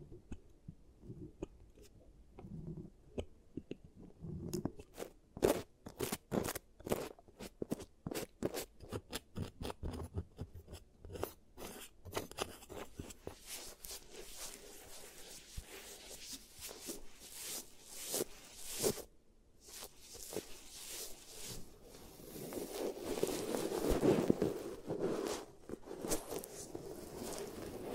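ASMR giant teeth treatment sounds: after a soft, low opening, rapid sharp clicks and snips start around four seconds and repeat densely until about nineteen seconds. A brief silence follows, then rasping and scraping that grows louder and fuller near the end.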